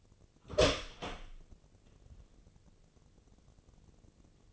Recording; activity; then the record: daily activity, microphone in the room; open door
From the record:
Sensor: 4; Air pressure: 1013.2 hPa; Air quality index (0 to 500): 180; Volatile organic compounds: 2 ppm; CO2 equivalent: 1130 ppm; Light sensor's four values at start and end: 68/165/70/69 and 95/237/97/103